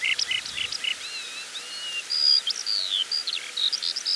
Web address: songs alauda arvensis call